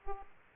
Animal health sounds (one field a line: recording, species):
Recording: mosquito wingbeat signal from an infrared sensor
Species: Aedes aegypti